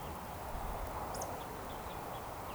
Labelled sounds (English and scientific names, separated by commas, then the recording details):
Eurasian Woodcock (Scolopax rusticola)
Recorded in Baden-Württemberg, Germany, on 13 June 2020 at 19:29 UTC
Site 43791, 788 m above sea level